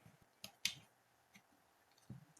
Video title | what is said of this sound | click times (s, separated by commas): Issues 81 - 86 - Build the 1966 Batmobile from Fanhome DeAgostini - 1:8 scale | And they simply click into place. | 0.4 s, 0.6 s